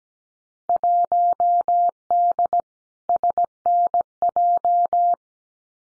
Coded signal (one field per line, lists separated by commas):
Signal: Morse code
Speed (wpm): 17 wpm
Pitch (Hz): 700 Hz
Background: none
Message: 1D SNJ